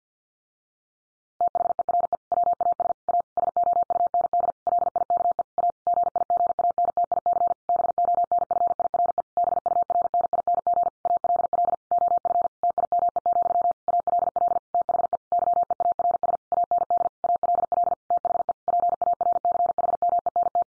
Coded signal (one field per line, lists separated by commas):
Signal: Morse code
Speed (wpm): 50 wpm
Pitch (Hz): 700 Hz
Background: none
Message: THERE WAS A SOUND LIKE A GIGANTIC BONFIRE BURNING ALL OF TIME, ALL THE YEARS AND ALL THE PARCHMENT